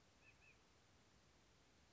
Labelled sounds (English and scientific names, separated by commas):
White-breasted Nuthatch (Sitta carolinensis)